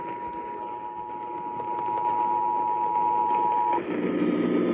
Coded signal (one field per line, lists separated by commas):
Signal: Emergency Alert System (SAME) tones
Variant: 853 and 960 Hz attention tone